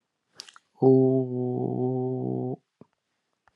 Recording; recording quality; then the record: sustained vowel as in boot; excellent, no background noise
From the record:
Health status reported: healthy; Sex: male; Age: 42 years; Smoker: no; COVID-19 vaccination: one dose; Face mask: not worn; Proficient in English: yes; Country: India